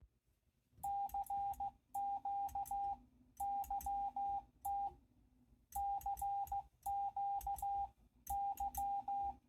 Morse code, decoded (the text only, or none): CQ YT CQ Y